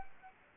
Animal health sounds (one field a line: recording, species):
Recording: mosquito wingbeat signal from an infrared sensor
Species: Anopheles gambiae